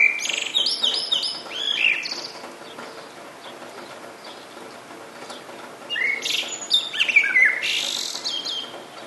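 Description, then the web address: Bird song in bright, high chirping phrases near the start and again after six seconds, with a steady hiss like falling rain throughout. "sonido de pajaros cantando bajo la lluvia"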